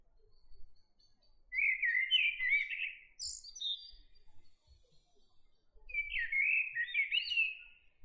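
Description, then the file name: Common blackbird song: two rich, mellow warbled phrases separated by a high squeaky twitter, with quiet pauses between. "Turdus merula"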